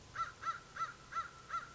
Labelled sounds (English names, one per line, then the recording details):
American Crow
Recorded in Sonoma County, California